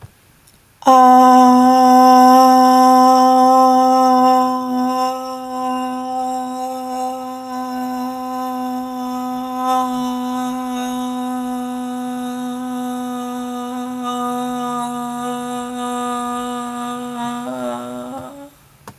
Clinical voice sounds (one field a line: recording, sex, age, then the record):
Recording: vowel held as long as possible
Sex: female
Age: 20 to 29 years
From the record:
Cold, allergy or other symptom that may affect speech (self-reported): no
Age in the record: 25 years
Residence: Nebraska, United States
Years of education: 18